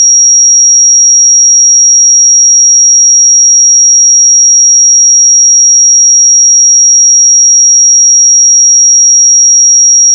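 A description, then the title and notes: A pure 5658 Hz sine tone holds perfectly steady for the full ten seconds, a single thin, bright whistle with no wavering in pitch or loudness. Nothing else is audible apart from a faint click at the very end. 5658 Hz 1 Hz Interval Sine Pure Tone Frequency 441000 Sample Mono.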